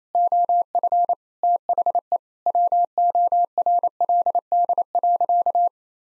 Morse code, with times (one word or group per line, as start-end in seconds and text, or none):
0.1-1.1 OF
1.4-2.2 THE
2.5-5.7 WORLD.